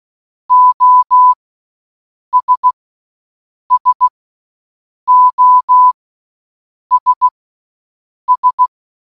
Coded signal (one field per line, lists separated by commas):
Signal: Morse code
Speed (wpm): 16 wpm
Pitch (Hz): 1000 Hz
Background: none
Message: OS SOS S